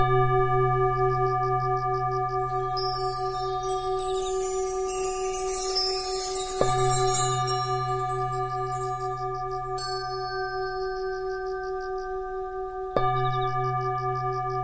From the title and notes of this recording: Meditate with the sound of chimes in Tibetan bowls.